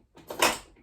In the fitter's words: just pops right in.